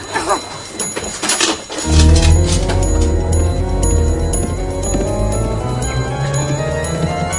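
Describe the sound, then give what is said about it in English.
After a couple of seconds of rustling noise, a deep clock bell begins striking eleven o'clock, its loud, resonant tolls ringing out one after another and overlapping into a sustained hum. “Oh, my God, it's 11 o'clock!”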